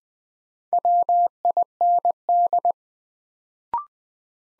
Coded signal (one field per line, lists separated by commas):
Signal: Morse code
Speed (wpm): 20 wpm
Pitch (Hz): 700 Hz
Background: none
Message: WIND